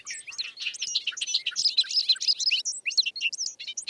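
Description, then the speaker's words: Bobolink song, a rapid bubbling jumble of high tinkling, metallic notes jumping up and down in pitch. Birds returning to nest in a large hayfield in western New York State in early May; males arrive first. "We're standing in a large hayfield in western New York State, where bobolinks are returning to nest."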